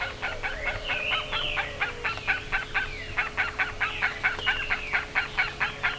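Bird calls in rhythmic bursts of harsh, buzzy notes with looping whistled slides above them, over a faint steady hum.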